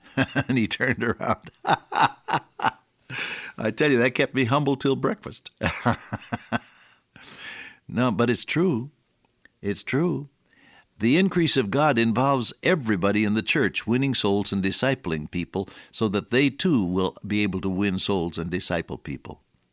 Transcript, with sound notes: And he turned around. I tell you, that kept me humble till breakfast. [chuckle] No, but it’s true. It’s true. The increase of God involves everybody in the church winning souls and discipling people, so that they too will be able to win souls and disciple people.